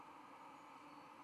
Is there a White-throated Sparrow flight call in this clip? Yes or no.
no